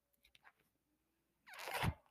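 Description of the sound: A few faint mechanical clicks, then a single loud, rushing puff of air lasting about half a second. This is a person's own mechanical ventilator pushing a breath.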